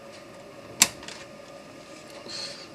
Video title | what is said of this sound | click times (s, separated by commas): Lagging video problem solved DJI Phantom 3 Advanced | on to get it click now | 0.8 s